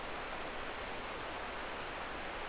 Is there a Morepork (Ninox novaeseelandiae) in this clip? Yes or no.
no